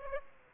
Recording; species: mosquito wingbeat signal from an infrared sensor; Aedes aegypti